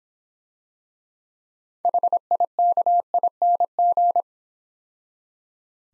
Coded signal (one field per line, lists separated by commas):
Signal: Morse code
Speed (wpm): 26 wpm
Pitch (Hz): 700 Hz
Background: none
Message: HIKING